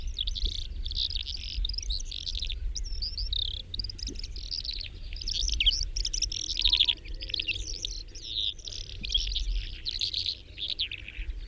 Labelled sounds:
Calandra Lark (Melanocorypha calandra) song

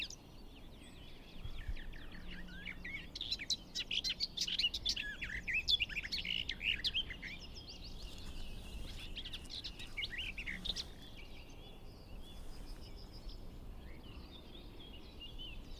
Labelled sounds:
Garden Warbler (Sylvia borin) song

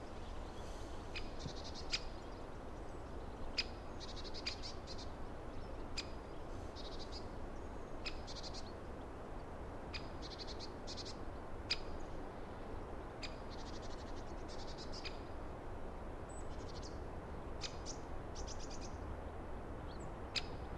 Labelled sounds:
Great Spotted Woodpecker (Dendrocopos major) call

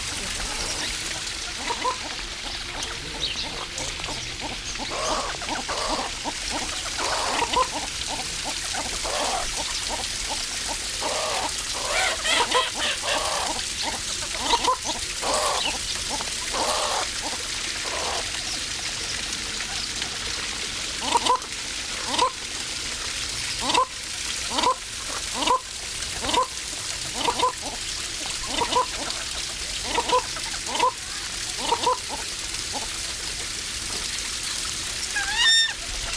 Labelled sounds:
Baikal Teal (Anas formosa) call

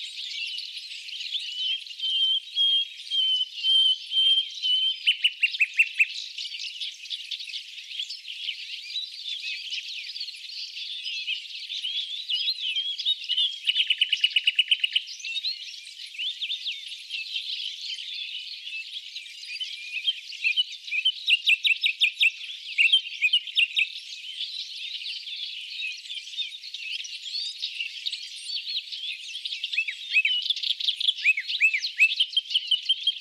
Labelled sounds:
Common Nightingale (Luscinia megarhynchos) song

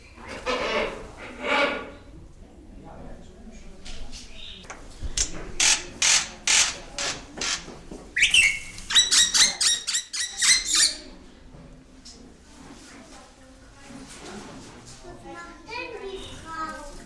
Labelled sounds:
Black-winged Starling (Acridotheres melanopterus)

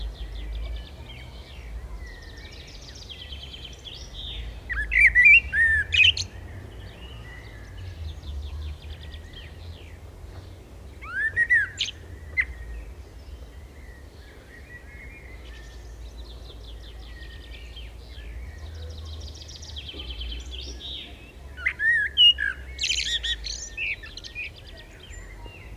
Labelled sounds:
Common Blackbird (Turdus merula) song

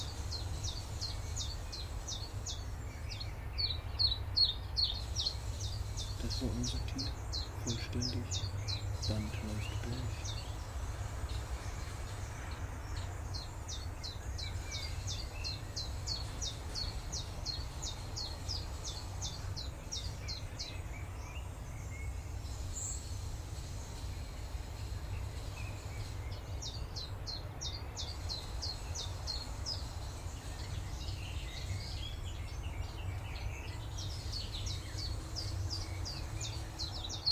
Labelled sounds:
Willow Warbler (Phylloscopus trochilus)

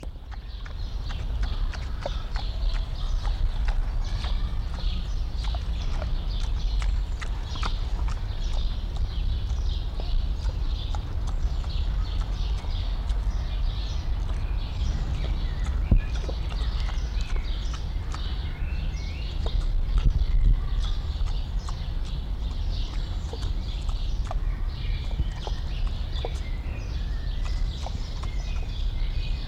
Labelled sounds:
Red River Hog (Potamochoerus porcus)

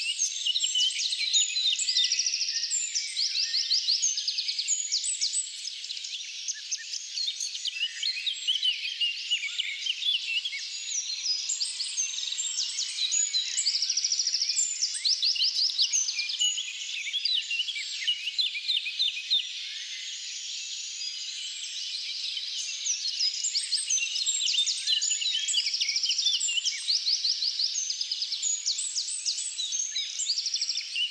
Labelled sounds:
Eurasian Blackcap (Sylvia atricapilla) song

